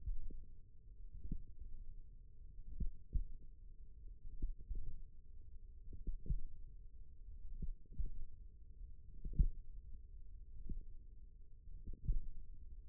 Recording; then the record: forearm muscle sounds (acoustic myography)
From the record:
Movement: tripod grip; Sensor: system 1, eight BSWA MPA416 microphones around the upper forearm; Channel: 2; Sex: female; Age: 21 years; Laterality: right